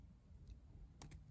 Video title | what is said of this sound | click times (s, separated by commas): MAKE OVER OF MATTHEUW.... | There it is, it's inside. I've heard it click. | 1.0 s